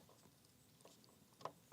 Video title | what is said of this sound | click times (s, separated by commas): How to Sight-in a Hunting Rifle at 100 Yards - Step by Step | There. See, it clicks over, and that tells me that I'm at the proper torque. | 1.4 s